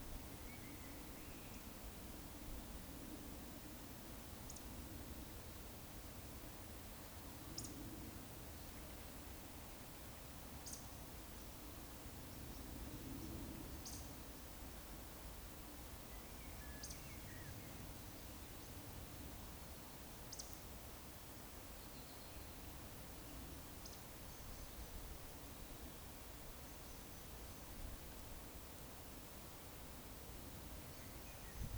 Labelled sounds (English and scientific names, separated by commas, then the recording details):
Eurasian Woodcock (Scolopax rusticola)
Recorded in Baden-Württemberg, Germany, on 19 May 2021 at 19:14 UTC
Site 45967, 814 m above sea level